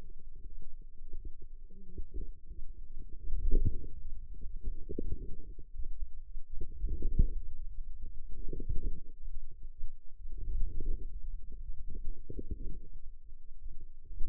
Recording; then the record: forearm muscle sounds (acoustic myography)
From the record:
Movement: wrist flexion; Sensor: system 2, bracelet of six BSWA MPA416 microphones around the upper forearm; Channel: 5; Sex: female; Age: 21 years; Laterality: right